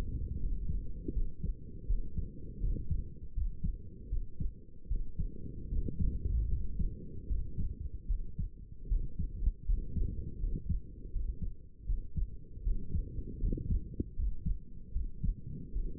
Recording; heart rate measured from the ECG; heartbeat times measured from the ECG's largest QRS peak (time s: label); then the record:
heart sounds by stethoscope; 78 bpm
0.39 s: heartbeat
1.13 s: heartbeat
1.86 s: heartbeat
2.60 s: heartbeat
3.34 s: heartbeat
4.09 s: heartbeat
4.88 s: heartbeat
5.69 s: heartbeat
6.49 s: heartbeat
7.27 s: heartbeat
8.07 s: heartbeat
8.88 s: heartbeat
9.65 s: heartbeat
10.40 s: heartbeat
11.12 s: heartbeat
11.86 s: heartbeat
12.63 s: heartbeat
13.40 s: heartbeat
14.16 s: heartbeat
14.93 s: heartbeat
15.73 s: heartbeat
From the record:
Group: healthy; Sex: male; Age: 35 years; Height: 180 cm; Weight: 86.9 kg